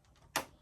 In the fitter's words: does close up. It snaps in place, so it's not like loose.